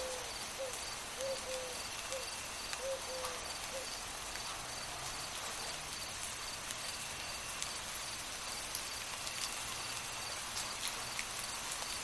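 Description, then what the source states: Crickets chirping, a steady high pulsing trill repeating evenly, beneath a continuous hiss of light rain. Crickets singing and chirping, added to a light rain night ambience for sleep.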